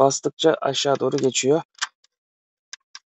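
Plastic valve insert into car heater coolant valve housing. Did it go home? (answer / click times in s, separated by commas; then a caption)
yes / 2.7 s, 2.9 s. Someone talks as the black plastic insert of a Vectra C car heater coolant valve is pressed down until it slides fully into its housing. Two short, sharp clicks sound at 2.7 s and 2.9 s as the piece locks into its latch mechanism, and the plastic part is seated.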